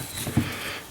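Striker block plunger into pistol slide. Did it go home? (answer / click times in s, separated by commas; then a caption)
no / none. The spring-loaded steel striker block plunger of an S&W M&P pistol is pressed down into the slide by hand while the striker is reinstalled. Quiet handling noise is heard, with a brief low thump near 0.4 s. Nothing has seated or clicked yet.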